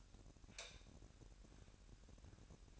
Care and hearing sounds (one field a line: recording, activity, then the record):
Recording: daily activity, microphone in the room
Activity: light off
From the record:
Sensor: 2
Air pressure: 1011.8 hPa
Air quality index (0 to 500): 219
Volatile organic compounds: 4 ppm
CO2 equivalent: 1539 ppm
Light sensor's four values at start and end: 14/38/15/15 and 9/20/8/9